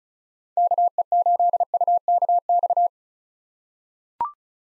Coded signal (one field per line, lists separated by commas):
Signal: Morse code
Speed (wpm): 36 wpm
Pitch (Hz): 700 Hz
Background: none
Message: KE8UKX